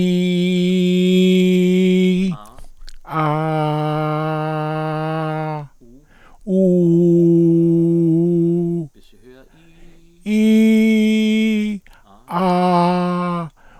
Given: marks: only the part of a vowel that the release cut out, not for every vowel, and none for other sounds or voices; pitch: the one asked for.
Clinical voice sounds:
sustained vowels; male; 60 to 69 years; 2; 2; 1
0.00-1.92 s: vowel /i/, normal pitch
3.41-5.25 s: vowel /a/, normal pitch
6.71-8.53 s: vowel /u/, normal pitch
10.43-11.37 s: vowel /i/, high pitch
12.40-13.40 s: vowel /a/, high pitch
From the record:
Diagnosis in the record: presbyphonia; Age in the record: 69 years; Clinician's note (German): Leichte Form, kein pathologischer Befund, hohe mittlere Sprechstimmlage

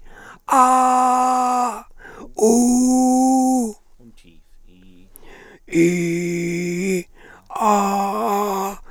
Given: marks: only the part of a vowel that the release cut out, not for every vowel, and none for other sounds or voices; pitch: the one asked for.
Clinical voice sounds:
sustained vowels; male; 60 to 69 years; 3; 2; 3
0.64-1.69 s: vowel /a/, high pitch
2.51-3.63 s: vowel /u/, high pitch
5.84-6.81 s: vowel /i/, low pitch
7.63-8.68 s: vowel /a/, low pitch
From the record:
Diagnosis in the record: frontolateral partial laryngectomy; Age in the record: 67 years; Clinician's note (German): Dysphonie bei Zustand danach

